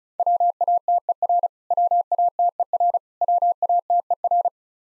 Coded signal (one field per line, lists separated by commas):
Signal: Morse code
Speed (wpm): 36 wpm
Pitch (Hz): 700 Hz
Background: none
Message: WATER WATER WATER